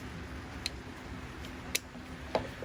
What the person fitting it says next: And she clicks right in.